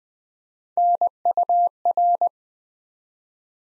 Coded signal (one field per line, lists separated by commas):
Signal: Morse code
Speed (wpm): 20 wpm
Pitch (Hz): 700 Hz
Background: none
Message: NUR